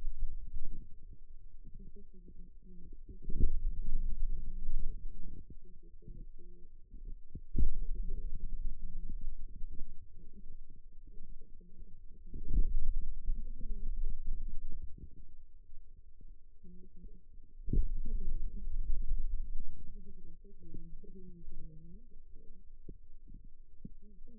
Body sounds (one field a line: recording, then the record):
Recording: forearm muscle sounds (acoustic myography)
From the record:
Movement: finger pinch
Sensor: system 2, bracelet of six BSWA MPA416 microphones around the upper forearm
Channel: 2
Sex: male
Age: 22 years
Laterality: right